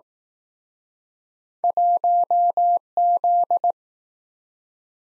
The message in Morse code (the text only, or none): 1Z